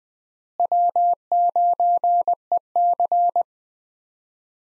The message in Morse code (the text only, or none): W9EC